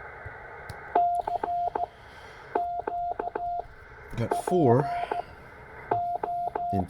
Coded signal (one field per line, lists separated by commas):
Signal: Morse code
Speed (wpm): 15 wpm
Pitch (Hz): 700 Hz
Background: speech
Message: CQ PO